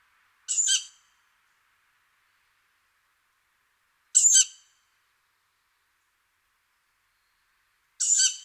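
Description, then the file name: Tawny owl repeating a short, harsh screech three times, roughly every three and a half to four seconds, with quiet between calls. "hulotte"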